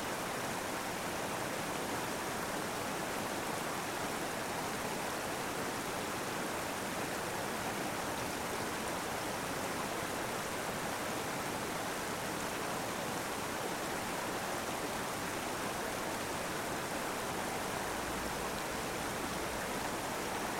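A small waterfall pours in a steady, dense rush from close by, bright hiss over a softer low churn, unchanging throughout.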